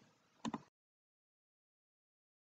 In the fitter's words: the correct Crown size will produce a click sound when fitted